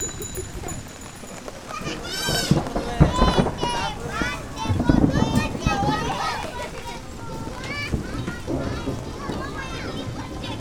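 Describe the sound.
A quiet day in Kolkata, India: several voices talk and call over a steady low rumble of street noise. Speech is busiest around two to seven seconds, with bright chattering calls near the two-second mark, then the talk thins into a softer, continuous murmur.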